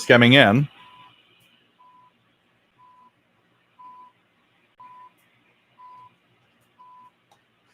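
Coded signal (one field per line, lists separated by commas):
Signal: radio time signal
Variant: time pips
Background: speech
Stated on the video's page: Live shortwave radio reception.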